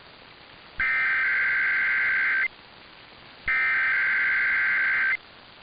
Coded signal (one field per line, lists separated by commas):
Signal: Emergency Alert System (SAME) tones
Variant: header bursts